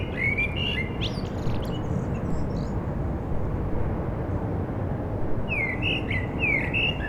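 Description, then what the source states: Common blackbird song, fluty warbled phrases with high squeaky notes, one phrase at the start and another near the end, over constant low traffic rumble. Blackbirds singing after sunset on a mild day, eve of the winter solstice, Rue Jacques Cartier, Aix-les-Bains, France, with urban traffic.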